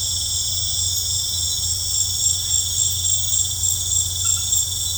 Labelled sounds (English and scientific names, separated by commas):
none